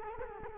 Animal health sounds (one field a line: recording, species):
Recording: mosquito wingbeat signal from an infrared sensor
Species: Culex quinquefasciatus